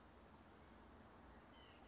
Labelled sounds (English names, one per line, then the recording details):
White-breasted Nuthatch
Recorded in Sonoma County, California